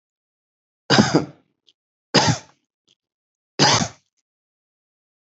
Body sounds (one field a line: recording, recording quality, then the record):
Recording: shallow voluntary cough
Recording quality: excellent, no background noise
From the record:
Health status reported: healthy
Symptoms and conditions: none ticked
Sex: male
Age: 52 years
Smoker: not ticked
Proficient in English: yes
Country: India